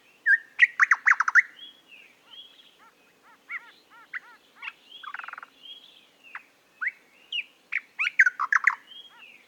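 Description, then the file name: Eastern nicator giving two loud, bubbling bursts of throaty notes at the start and end, with repeated arched chirps and whistles between them. "British Library - Eastern Nicator Nicator gularis"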